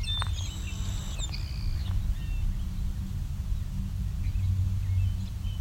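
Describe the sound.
Savannah Sparrow song, a few thin high notes near the start, over a steady low rumble.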